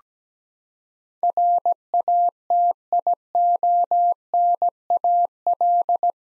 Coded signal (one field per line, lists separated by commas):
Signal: Morse code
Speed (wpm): 17 wpm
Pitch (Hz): 700 Hz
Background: none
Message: RATIONAL